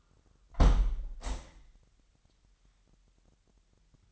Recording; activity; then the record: daily activity, microphone in the room; close window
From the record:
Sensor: 3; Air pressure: 998.1 hPa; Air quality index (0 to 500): 151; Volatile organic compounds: 5 ppm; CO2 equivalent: 1803 ppm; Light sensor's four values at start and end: 13/38/15/14 and 13/38/15/14